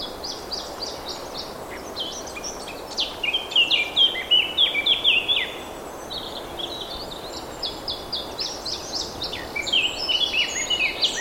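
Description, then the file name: Eurasian blackcap singing a rapid, varied warble of bright whistled and chattering notes, in bursts separated by short pauses, over steady background hiss. "Sylvia atricapilla"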